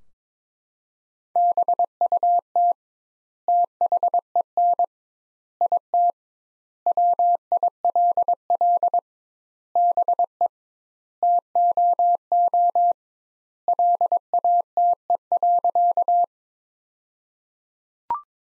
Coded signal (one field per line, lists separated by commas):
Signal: Morse code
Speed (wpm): 22 wpm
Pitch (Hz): 700 Hz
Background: none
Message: BUT THEN IT WILL BE TOO LATE.